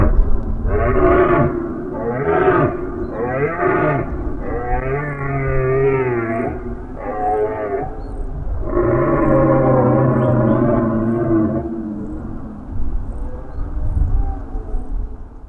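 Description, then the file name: Deer roaring in a run of hoarse, harmonic bellows: several short arched calls, then longer drawn-out roars, fading into quieter groans. "Golosa ptic i zverei - Olen"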